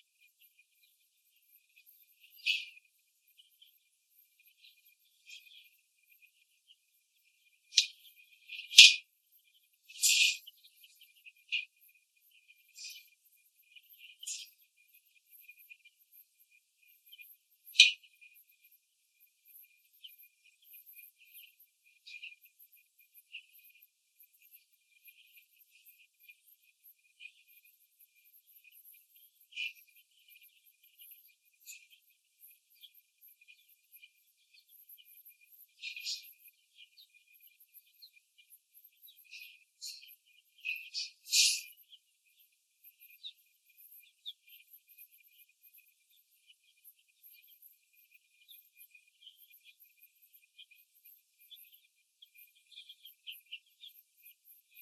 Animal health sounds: young laying hens in a cage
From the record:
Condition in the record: after the stressor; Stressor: simulated dog barking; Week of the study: 2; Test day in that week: 2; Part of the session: 1

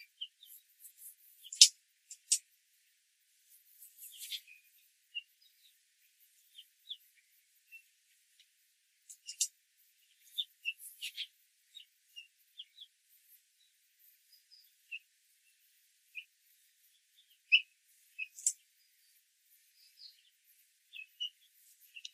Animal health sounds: young laying hens in a cage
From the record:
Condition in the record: control cage, after the stress test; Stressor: none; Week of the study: 4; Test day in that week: 1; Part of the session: 1

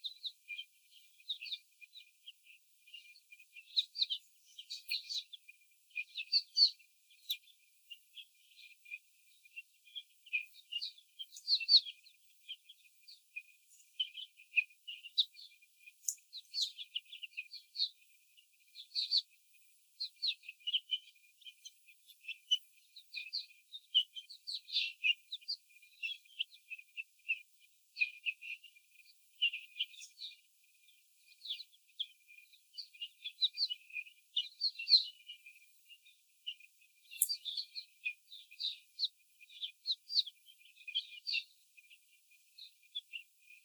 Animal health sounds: young laying hens in a cage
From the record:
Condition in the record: before the stressor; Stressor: sudden umbrella opening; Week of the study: 3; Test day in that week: 2

